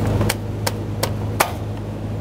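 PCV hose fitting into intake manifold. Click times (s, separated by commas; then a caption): 1.4 s. A PCV line fitting on a 2007-2014 Chevrolet Silverado 2500 HD is turned and locked into the top of the intake manifold while the fuel injectors are being replaced. Four sharp clicks sound at about 0.3, 0.7, 1.0 and 1.4 seconds over a steady low hum, and the loudest, final click at 1.4 seconds marks the fitting seating and locking in place.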